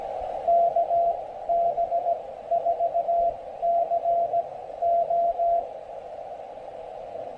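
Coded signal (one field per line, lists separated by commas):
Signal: Morse code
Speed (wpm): 17 wpm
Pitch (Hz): 680 Hz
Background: radio noise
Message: KB4CO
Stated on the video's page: POTA activation on CW at 3 watts QRP, using an MTR-3B transceiver with an end-fed half-wave antenna in Pisgah National Forest.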